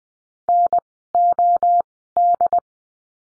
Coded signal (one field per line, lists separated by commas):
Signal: Morse code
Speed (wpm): 20 wpm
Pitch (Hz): 700 Hz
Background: none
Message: NOD